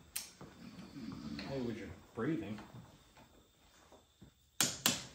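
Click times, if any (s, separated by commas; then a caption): 4.6 s, 4.9 s. Someone talks while a torque wrench set to 18 foot-pounds tightens a bolt on the front wheel of a Victory Cross Country motorcycle. The wrench gives two sharp clicks at its setting, at 4.6 s and 4.9 s. The second click is to be sure the wheel stays on.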